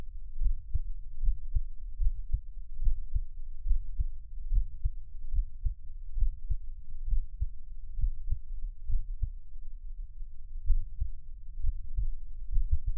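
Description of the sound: Steady, regular low thumps of an adult's heartbeat repeat throughout, muffled and deep with a faint hum behind them, and no talking. The rhythm stays even from start to finish, an ordinary heartbeat offered as Taiwanese ASMR for relaxation listening.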